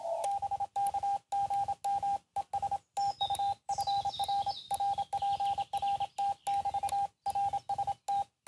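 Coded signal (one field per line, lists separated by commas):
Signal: Morse code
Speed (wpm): 27 wpm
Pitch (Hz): 800 Hz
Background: radio noise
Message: BK GM ES TU FR RPRT <BT> RST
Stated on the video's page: Morse sent from a compact portable QRP bicycle station.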